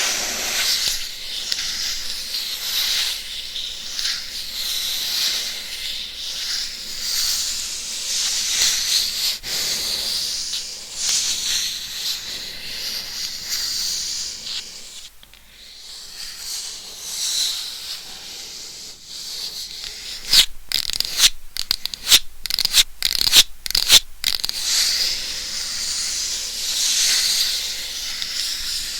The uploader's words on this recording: Binaural Mic Scratching - Brain Scratching with 10 Mics. No Talking.